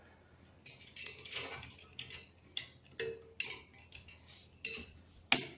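A fan clip is pressed into place while the fan is mounted onto a CPU tower cooler, with a series of small ticking and scraping handling sounds building up. A sharp, loud click at 5.3 s marks the clip seating on one side of the mount.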